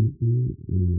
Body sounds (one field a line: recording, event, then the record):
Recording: neck accelerometer signal played as sound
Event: no cough (speech, laughter, throat clearing or background)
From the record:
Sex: male